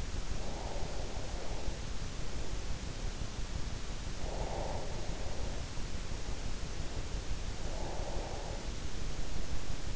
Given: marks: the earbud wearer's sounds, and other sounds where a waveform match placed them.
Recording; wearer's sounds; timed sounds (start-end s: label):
sounds in sleep by an in-ear microphone; breath
0.00-2.20 s: breath
4.17-5.20 s: breath
7.21-8.86 s: breath